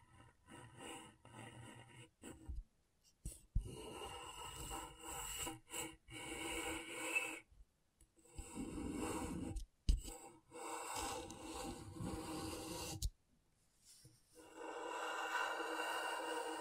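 Scratchboard being worked with a tool that scrapes and rubs across the surface in short, raspy strokes. The bursts come in irregular runs of a second or two, broken by abrupt silent gaps, with bright gritty hiss over a softer low rumble.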